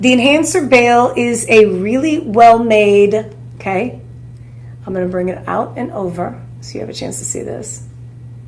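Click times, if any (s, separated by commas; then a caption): none. A sterling silver enhancer bail on a turquoise pendant is handled and brought out and over as it is readied to snap closed, while someone talks throughout. Soft handling sounds come under the voice, but the bail has not yet snapped shut and nothing has clicked into place by the end of the clip.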